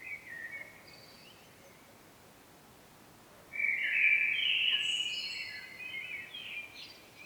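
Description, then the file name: Common blackbird singing a faint fluty phrase, then after a gap a louder, richer warble ending in thin high twittering notes. "Turdus merula"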